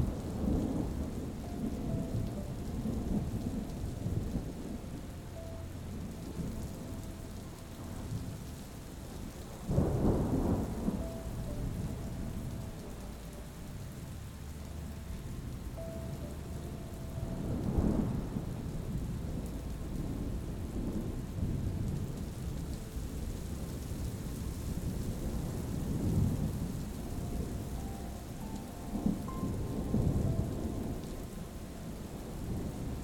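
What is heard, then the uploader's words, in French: Thunder rumbles low and heavy over steady rain, with louder rolls near 10, 18 and 29 seconds. A soft, gentle melody of sustained tones drifts quietly through the storm, mostly in the background, while a faint hiss of rain fills the top. La Symphonie de l'ORAGE et la Douceur d'une MELODIE. Le grondement apaisant de l'orage se mêle harmonieusement à des mélodies douces et enveloppantes.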